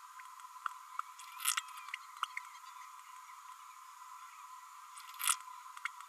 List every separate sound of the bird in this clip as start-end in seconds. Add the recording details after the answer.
5.85-5.87. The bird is a female. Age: 31 days. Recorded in a nest box in Venezuela. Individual 17B32A7